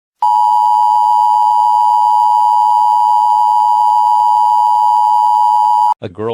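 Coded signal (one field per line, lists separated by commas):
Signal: Emergency Alert System (SAME) tones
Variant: 853 and 960 Hz attention tone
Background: speech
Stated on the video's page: Hypothetical EAS scenario recreation made in Vyond, with deliberately non-radio-like tones.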